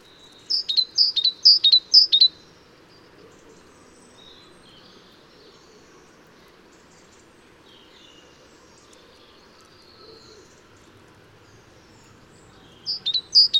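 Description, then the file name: Great tit giving a quick run of sharp high notes near the start, a few soft chirps in between, then another short burst at the end. "Parus major"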